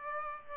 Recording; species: mosquito wingbeat signal from an infrared sensor; Aedes aegypti